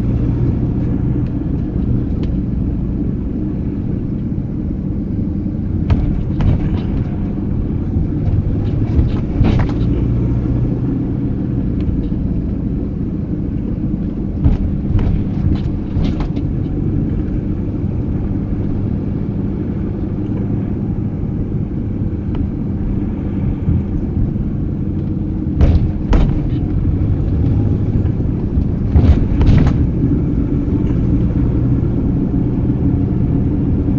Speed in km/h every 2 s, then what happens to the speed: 37, 33, 32, 35, 40, 36, 31, 32, 34, 33, 32, 31, 31, 34, 38, 40, 39.
3-8 speeds up to 40. 8-12 slows to 31. 12-24 steady at about 32. 24-29 speeds up to 40.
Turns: none.